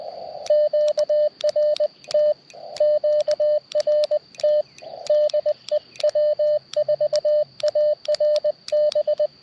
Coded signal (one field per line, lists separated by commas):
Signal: Morse code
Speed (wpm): 20 wpm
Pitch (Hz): 590 Hz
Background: radio noise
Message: QRT QRT DE W4ARB